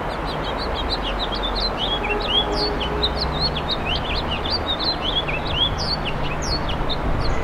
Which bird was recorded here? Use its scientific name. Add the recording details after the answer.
Haemorhous mexicanus. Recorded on Long Island, New York, on 17 April 2012. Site GW. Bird A